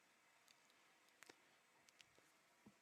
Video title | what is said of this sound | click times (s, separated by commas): Razer Blade 2022 Battery Replacement Guide | you'll feel it clicking at the bottom and you kind of work your way up and then you just screw it all in you're good to go | 0.5 s, 1.2 s, 1.3 s, 1.9 s, 2.0 s